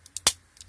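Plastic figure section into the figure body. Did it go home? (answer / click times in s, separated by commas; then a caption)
yes / 0.3 s. During transformation of a Transformers Masterpiece Bluestreak plastic collectible robot figure, a section is brought down and pushed into the figure body. A few light plastic ticks lead up to a sharp, loud snap at 0.3 s as the section seats in place, followed by faint ticks afterward.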